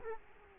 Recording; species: mosquito wingbeat signal from an infrared sensor; Culex quinquefasciatus